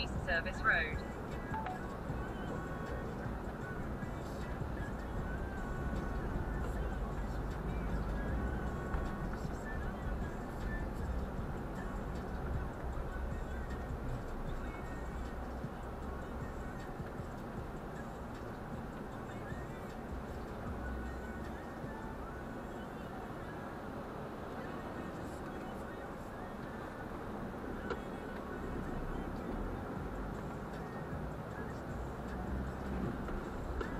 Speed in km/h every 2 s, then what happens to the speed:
48, 44, 40, 39, 39, 39, 31, 23, 18, 11, 7, 6, 3, 3, 6, 12, 17.
0-5 slows to 39. 5-10 steady at about 39. 10-24 slows to 3. 24-34 speeds up to 17.